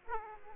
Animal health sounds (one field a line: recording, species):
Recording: mosquito wingbeat signal from an infrared sensor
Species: Aedes aegypti